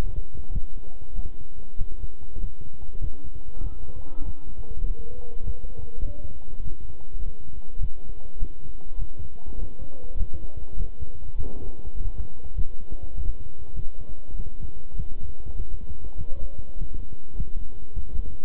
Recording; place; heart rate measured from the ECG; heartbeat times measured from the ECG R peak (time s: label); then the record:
heart sounds by stethoscope; between the tricuspid and mitral areas; 100 bpm
0.51 s: heartbeat
1.13 s: heartbeat
1.76 s: heartbeat
2.38 s: heartbeat
2.99 s: heartbeat
3.61 s: heartbeat
4.23 s: heartbeat
4.84 s: heartbeat
5.43 s: heartbeat
6.03 s: heartbeat
6.62 s: heartbeat
7.21 s: heartbeat
7.78 s: heartbeat
8.37 s: heartbeat
8.97 s: heartbeat
9.57 s: heartbeat
10.16 s: heartbeat
10.75 s: heartbeat
11.35 s: heartbeat
11.95 s: heartbeat
12.54 s: heartbeat
13.13 s: heartbeat
13.74 s: heartbeat
14.34 s: heartbeat
14.94 s: heartbeat
15.55 s: heartbeat
16.15 s: heartbeat
16.76 s: heartbeat
17.34 s: heartbeat
17.92 s: heartbeat
From the record:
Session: walking at 3.7 km/h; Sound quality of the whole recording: good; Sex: male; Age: 26 years